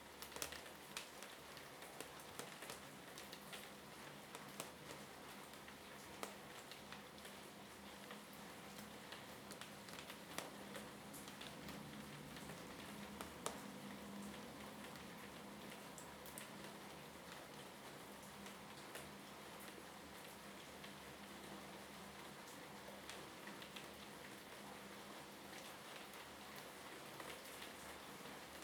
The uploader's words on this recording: Rain in the backyard, from the bathroom window.